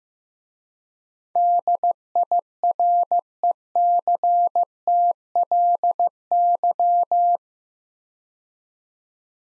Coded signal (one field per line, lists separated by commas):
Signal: Morse code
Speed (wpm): 15 wpm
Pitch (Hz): 700 Hz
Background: none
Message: DIRECTLY